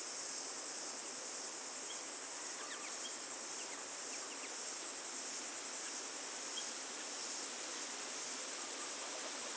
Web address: Australian Nature Sounds - Crickets Tropical Birds Morning Birds Bird Calls